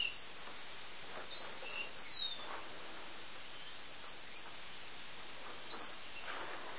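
House mouse ultrasonic song: high, whistled sweeping syllables grouped in short phrases, each phrase returning roughly every two seconds over a faint hiss.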